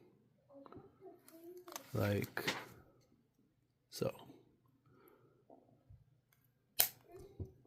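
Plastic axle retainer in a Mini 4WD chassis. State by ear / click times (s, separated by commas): seated / 6.8 s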